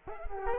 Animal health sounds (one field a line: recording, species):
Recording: mosquito wingbeat signal from an infrared sensor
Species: Culex quinquefasciatus